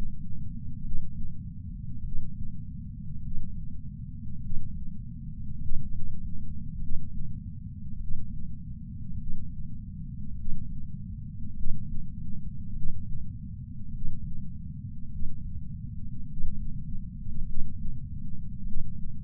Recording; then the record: heart sounds by patch sensor on the chest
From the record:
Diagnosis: coronary artery disease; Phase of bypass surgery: intraoperative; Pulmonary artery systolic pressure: 33 mmHg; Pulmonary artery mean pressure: 24 mmHg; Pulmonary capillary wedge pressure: 16 mmHg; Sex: male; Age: 71 years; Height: 160 cm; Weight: 67 kg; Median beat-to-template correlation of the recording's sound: 0.94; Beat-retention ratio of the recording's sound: 0.98